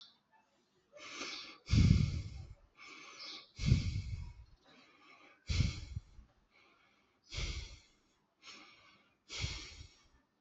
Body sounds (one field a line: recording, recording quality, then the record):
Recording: shallow breathing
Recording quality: excellent, no background noise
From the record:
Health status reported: healthy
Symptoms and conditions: diabetes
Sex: male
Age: 40 years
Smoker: not ticked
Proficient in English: yes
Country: India